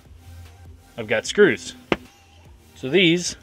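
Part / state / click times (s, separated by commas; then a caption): wooden bed support keyhole plate onto screw heads in a truck sleeping platform / not seated / none. Someone talks while handling a plywood bed support with keyhole plates meant to lock onto screw heads along the side of a DIY sleeping platform in a 3rd Gen 4Runner. A single sharp knock is heard at about 1.9 s. Nothing has seated or clicked into place yet.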